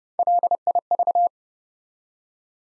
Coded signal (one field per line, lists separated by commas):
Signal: Morse code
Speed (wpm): 30 wpm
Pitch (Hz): 700 Hz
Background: none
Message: LIV